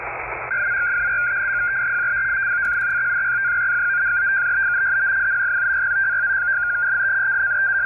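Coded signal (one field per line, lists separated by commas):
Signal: unidentified radio signal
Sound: rapid warbling two-tone data stream over hiss, with faint higher tone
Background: radio static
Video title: 26.267 MHz USB FSK Data Stream With Pilot Carrier ??? [G8JNJ SDR] 5 Sept 2024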